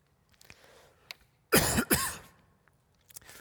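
An adult man coughs, heard on a room microphone: two loud, harsh bursts. He has had the cough for about a week.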